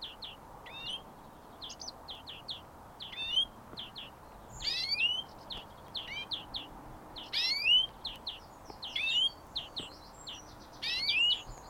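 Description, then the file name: European greenfinch song: bursts of short, clipped chirps and rising twittered notes, with harsher buzzy flourishes repeating every few seconds over a low steady background hum. "European Greenfinch Chloris chloris"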